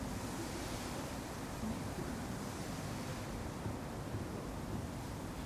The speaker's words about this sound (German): Anschwellende Geräusche, Rauschen, Poltern, Hund und wieder abschwellend. Poltern verliert sich in der Ferne. Fließen, Rauschen, Großstadt.